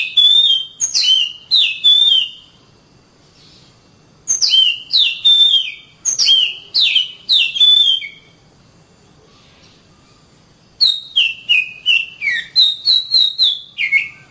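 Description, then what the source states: Oriental magpie-robin song in three bursts of falling whistled phrases with quiet gaps between; the last burst is quicker and more varied. Kacer master song recording.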